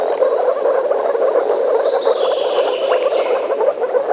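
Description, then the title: Frog chorus of overlapping rapid croaks forming a steady buzzing mass, with a faint high whistle in the middle. Frogs calling in a forest. "лягушки (frogs in the forest)"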